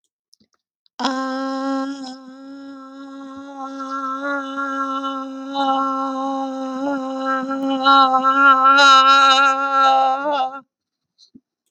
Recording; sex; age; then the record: vowel held as long as possible; female; 50 to 59 years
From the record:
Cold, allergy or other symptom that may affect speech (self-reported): no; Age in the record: 58 years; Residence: Ohio, United States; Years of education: 14